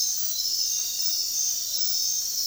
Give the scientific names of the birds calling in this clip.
none